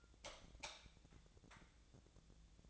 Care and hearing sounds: daily activity, microphone in the room; light off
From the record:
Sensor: 3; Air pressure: 1000.0 hPa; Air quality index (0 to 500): 125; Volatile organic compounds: 2 ppm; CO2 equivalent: 1120 ppm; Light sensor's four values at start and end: 36/93/39/43 and 34/87/37/41

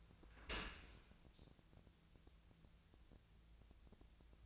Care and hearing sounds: daily activity, microphone in the room; open dishwasher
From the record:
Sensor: 2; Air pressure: 1000.4 hPa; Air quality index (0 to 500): 164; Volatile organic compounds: 3 ppm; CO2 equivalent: 1362 ppm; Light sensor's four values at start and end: 11/31/12/14 and 11/31/12/14

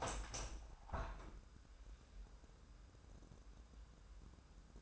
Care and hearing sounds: daily activity, microphone in the room; open window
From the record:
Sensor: 2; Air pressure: 997.9 hPa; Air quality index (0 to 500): 139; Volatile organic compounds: 4 ppm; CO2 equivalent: 1570 ppm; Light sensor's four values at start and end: 10/31/12/12 and 10/31/12/12

